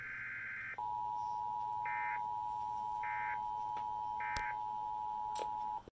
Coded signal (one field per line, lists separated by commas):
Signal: Emergency Alert System (SAME) tones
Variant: 853 and 960 Hz attention tone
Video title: EAS 3267-3268 WAHC Relays from KDKA